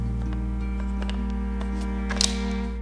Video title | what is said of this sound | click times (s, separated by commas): I Finally Went MACRO! – The Leica Macro Adapter M Turns Any M Lens Into a Macro BEAST | Have to click. So it's fixed. | 2.2 s